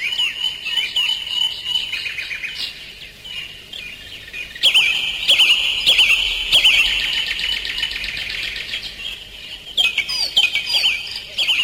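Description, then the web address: Bird chorus of high chirps and trills, softer at the start, then loud rapid trilling bursts midway and again near the end. Birdsong at the start of a Radio Zoniën jingle, 1982–83. "radio zoniën begin vogeltjes en jachthoorns. radiodoender jingles-radio-zoniën-1982-83"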